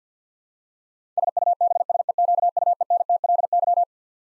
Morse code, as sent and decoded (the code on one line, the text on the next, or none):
... ..- -... ... . --.- ..- . -. - .-.. -.--
SUBSEQUENTLY